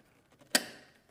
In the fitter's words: I heard the little snap and I've got